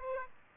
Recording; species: mosquito wingbeat signal from an infrared sensor; Aedes aegypti